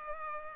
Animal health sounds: mosquito wingbeat signal from an infrared sensor; Culex pipiens

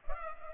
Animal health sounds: mosquito wingbeat signal from an infrared sensor; Culex pipiens

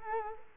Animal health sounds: mosquito wingbeat signal from an infrared sensor; Culex quinquefasciatus

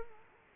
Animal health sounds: mosquito wingbeat signal from an infrared sensor; Culex quinquefasciatus

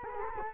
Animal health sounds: mosquito wingbeat signal from an infrared sensor; Culex quinquefasciatus

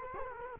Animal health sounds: mosquito wingbeat signal from an infrared sensor; Culex quinquefasciatus

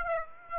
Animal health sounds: mosquito wingbeat signal from an infrared sensor; Aedes aegypti

